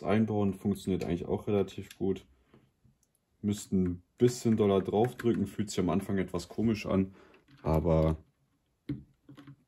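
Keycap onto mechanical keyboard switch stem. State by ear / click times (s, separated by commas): seated / 8.9 s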